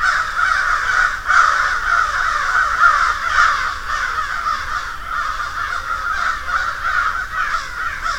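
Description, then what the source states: Crows cawing in a dense, overlapping chorus, harsh calls running together continuously with no clear gaps. Field recording of a murder (flock) of crows.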